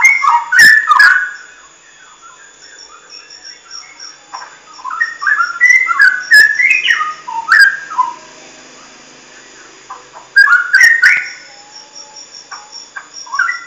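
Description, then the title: Oriental magpie-robin song: varied whistled phrases sliding up and down, delivered in bursts with short pauses, plus sharp clicks and a steady high hum. "Kicau Kacer"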